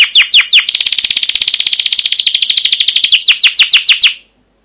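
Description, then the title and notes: Canary singing a rapid, dense trill of high descending chirps, framed by slower, separate sweeping notes. Caged canary song used as a lure and tutor for young canaries learning sounds; long, continuous chirping-and-rolling style called cuit cuit ngerol, gacor panjang. "CUIT CUIT NGEROL LANGSUNG GACOR PANJANG Kenari Ini AMPUH Utk Pancingan KENAR. PANCINGAN Kenari GACOR PANJANG Cuit CUIT EMOSI ini AMPUH utk MASTERAN Kenari PAUD belajar BUNYI. burung kenari"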